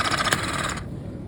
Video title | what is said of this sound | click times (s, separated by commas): Burndy PAT750 Crimper - Loeb Electric | You run the tool until you hear a pop, which means that uh it's 12 tons of pressure. | 0.3 s